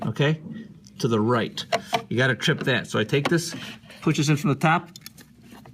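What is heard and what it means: Someone talks while handling the brew group of a Gaggia Brera super-automatic espresso machine, explaining that it pushes in from the top and down to trip the end switch. Only faint, brief sounds are heard near 5.2 s and 5.7 s. Nothing has seated or clicked yet.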